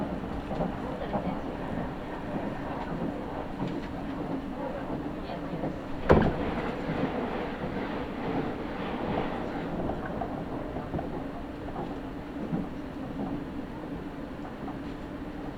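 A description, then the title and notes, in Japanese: A local train on the Iida Line runs between Toyohashi and Toyokawa, with a steady low rumble and a constant mid-pitched drone throughout. A sharp knock lands around six seconds, followed by a few seconds of rhythmic rattling before the ride settles again. 飯田線 各駅停車 豊橋→豊川。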